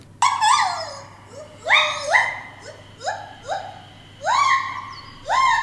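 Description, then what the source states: White-handed gibbon song: hoots that swoop upward and then level off, repeated in quick phrases with short pauses between bursts. Captive pair at Maruyama Zoo, filmed on video long ago; probably mainly male Kotaro singing, female Racha's opening call not captured; pair duet for communication, carrying 2–3 km; sounds like a dog howling.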